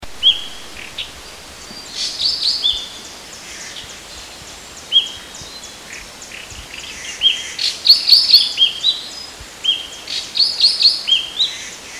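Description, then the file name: Javan green magpie giving short high squeaky notes at irregular intervals, mixed with clusters of sharp chattering chirps, over steady hissing background noise. "suara burung cissa thalassina ekek keling"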